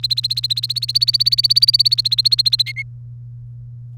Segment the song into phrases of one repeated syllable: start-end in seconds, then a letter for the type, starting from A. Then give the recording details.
0.00-2.62 A, 2.66-2.82 B. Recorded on 1 May 2018 at 15:10. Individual llb3